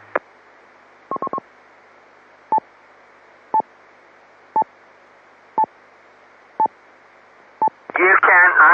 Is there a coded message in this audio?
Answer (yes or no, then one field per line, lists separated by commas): no